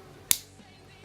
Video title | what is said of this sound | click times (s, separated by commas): Glock 43 How to Replace Slide lock, magazine release, backstrap, and grip plug | going to go all the way till it clicks and snaps in like so | 0.3 s